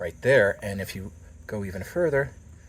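The two-stage latch on the front access panel of a Lotus Evora is being handled by hand, working toward its second, fully locked click. Someone talks throughout. Nothing has seated or clicked yet in the clip.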